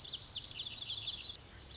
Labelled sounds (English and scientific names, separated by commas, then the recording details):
Lazuli Bunting (Passerina amoena)
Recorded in Sonoma County, California